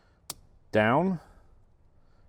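The red locking stop on a 2007–2018 Wrangler JK seat's electrical wiring plug is slid down to unlock the plug so it can be unplugged. The lock slides open with a sharp, short click at 0.3 s, and then someone talks. The connector is released.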